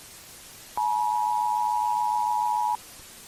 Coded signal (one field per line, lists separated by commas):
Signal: Emergency Alert System (SAME) tones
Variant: 853 and 960 Hz attention tone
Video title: EAS I.B.I.C